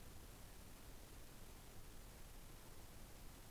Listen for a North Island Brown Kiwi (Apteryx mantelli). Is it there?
no